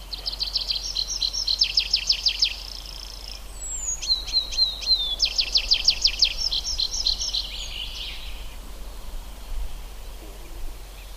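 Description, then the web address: Tree pipit singing two phrases of quick high repeated notes, each trilling on, with a thin descending whistle and buzzy notes between them, then quiet hiss. "ljud Anthus trivialis"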